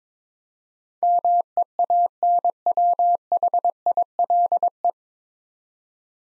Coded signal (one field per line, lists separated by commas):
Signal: Morse code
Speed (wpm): 22 wpm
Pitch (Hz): 700 Hz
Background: none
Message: MEANWHILE